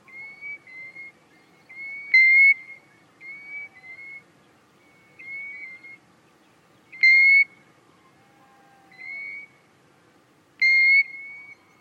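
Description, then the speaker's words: European golden plover alarm notes, clear plaintive whistles repeated several times, a few of them louder. Single alarm note, well known to hill walkers; voice described as wistful; heather moorland uplands. "Their single alarm note is well known to hill walkers."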